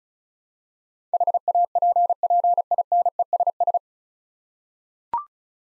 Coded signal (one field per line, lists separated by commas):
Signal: Morse code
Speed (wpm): 34 wpm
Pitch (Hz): 700 Hz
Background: none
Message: HAPPINESS